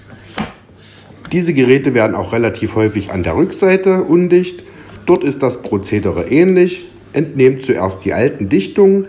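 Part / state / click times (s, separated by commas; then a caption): metal retaining rail into the dishwasher pump sump/base tub edge / seated / 0.4 s. At the rear end of a Bosch dishwasher with error E3100, the metal retaining rail that holds the pump sump's plastic edge and seal is pressed in until it latches. One sharp, short snap is heard at 0.4 s as the rail seats, and then someone talks.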